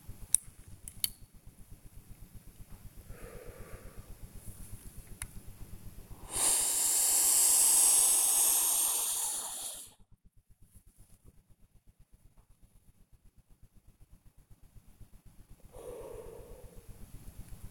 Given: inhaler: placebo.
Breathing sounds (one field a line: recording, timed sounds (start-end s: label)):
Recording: one use of a dry powder inhaler by a smartwatch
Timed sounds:
0.07-1.36 s: inhaler activation
2.63-4.17 s: exhalation
6.08-10.07 s: inhalation
15.65-17.14 s: exhalation